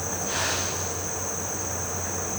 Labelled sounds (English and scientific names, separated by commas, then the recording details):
none
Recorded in pastures near Puerto Asís, Putumayo, Colombia, on 12 March 2025 at 17:30
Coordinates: 0.466, -76.322
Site CSA-02